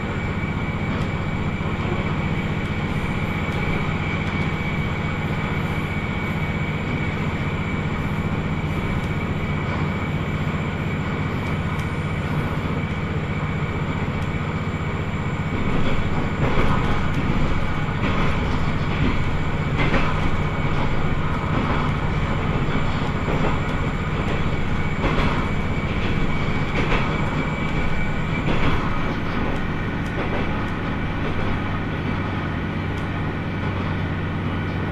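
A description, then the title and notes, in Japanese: A Tenryū Hamanako Railway train runs between Miyakoda and Tenryū-Futamata, its low engine drone and rumble holding steady throughout. From about 15 to 29 seconds the ride grows louder and rougher, with repeated clacks and rattles over the rails, and a thin high whine runs until near the end. 天竜浜名湖鉄道 都田→天竜二俣。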